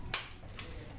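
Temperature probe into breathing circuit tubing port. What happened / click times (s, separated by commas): The probe clicked into its port / 0.1 s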